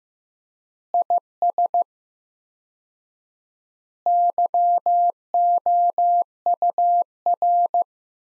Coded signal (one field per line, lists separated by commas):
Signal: Morse code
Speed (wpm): 15 wpm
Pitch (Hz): 700 Hz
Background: none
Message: IS YOUR